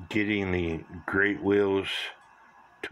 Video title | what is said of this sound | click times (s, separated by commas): Repairing a Hubert Herr one day beer drinker cuckoo clock with chimney sweep Part 1 | pop into place | 2.8 s